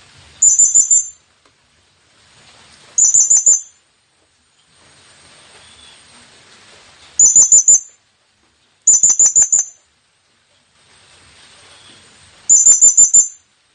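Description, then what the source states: Blue-crowned hanging parrot giving short bursts of rapid, very high, thin squeaky notes, five bursts spaced irregularly, with quiet gaps between. Presented as an effective lure call for attracting the bird; local name serindit.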